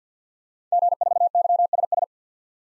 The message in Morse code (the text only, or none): G4YSS